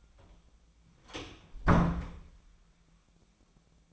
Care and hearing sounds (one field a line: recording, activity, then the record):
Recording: daily activity, microphone in the room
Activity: close door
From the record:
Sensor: 1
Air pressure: 1009.2 hPa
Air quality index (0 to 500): 187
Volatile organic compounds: 4 ppm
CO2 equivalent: 1576 ppm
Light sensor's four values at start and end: 67/156/69/75 and 66/154/68/74